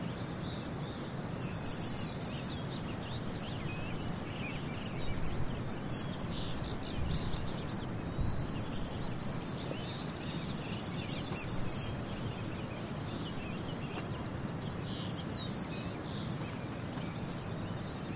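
A steady outdoor wash in a canyon, dense low rumble like rushing water or wind filling the whole 18 seconds at an even level. High, thin bird chirps and short calls flicker above it throughout, a bit busier around five to eight seconds.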